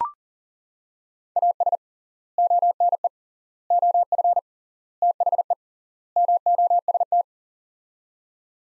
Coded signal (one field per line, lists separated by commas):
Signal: Morse code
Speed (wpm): 40 wpm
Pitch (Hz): 700 Hz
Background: none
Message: AS ONE OF THE MOST